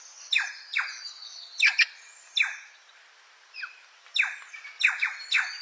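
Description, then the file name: Plush-crested jay giving loud, rasping downslurred calls, some doubled, spaced irregularly, over a thin high chattering background. "canto da gralha picaca"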